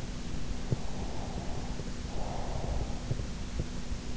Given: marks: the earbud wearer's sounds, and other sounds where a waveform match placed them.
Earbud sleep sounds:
sounds in sleep by an in-ear microphone; breath
0.92-3.46 s: breath

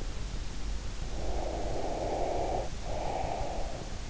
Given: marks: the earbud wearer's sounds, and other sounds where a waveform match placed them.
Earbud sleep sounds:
sounds in sleep by an in-ear microphone; breath
0.98-3.91 s: breath

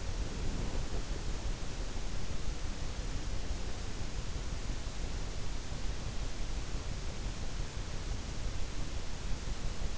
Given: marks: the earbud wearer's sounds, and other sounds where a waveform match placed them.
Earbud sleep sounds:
sounds in sleep by an in-ear microphone; breath
0.00-1.06 s: breath

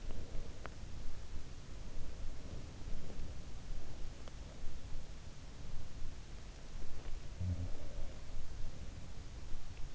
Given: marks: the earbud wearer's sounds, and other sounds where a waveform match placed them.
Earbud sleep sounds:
sounds in sleep by an in-ear microphone; teeth grinding
0.00-0.84 s: teeth grinding
7.33-8.40 s: sound from someone else or the room

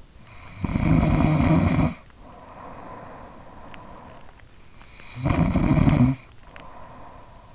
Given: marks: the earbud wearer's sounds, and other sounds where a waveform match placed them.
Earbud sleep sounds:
sounds in sleep by an in-ear microphone; snoring breath
0.41-4.06 s: snoring breath
4.69-7.55 s: snoring breath

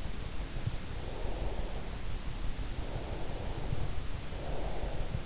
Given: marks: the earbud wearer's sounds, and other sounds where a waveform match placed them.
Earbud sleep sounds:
sounds in sleep by an in-ear microphone; breath
0.89-2.02 s: breath
2.76-5.26 s: breath

